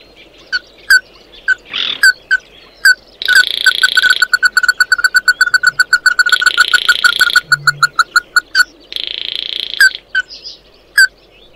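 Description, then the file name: Red-eyed bird (chim mắt đỏ) calls: sparse sharp notes accelerating into fast ringing series, mixed with extended rasping buzzes. "Tieng chim mat do"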